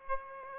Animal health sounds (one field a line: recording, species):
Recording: mosquito wingbeat signal from an infrared sensor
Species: Aedes aegypti